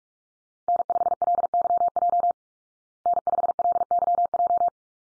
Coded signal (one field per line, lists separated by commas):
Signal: Morse code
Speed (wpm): 44 wpm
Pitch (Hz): 700 Hz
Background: none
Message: N5LYJ N5LYJ